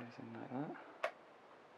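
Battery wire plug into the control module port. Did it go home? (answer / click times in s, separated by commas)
yes / 1.0 s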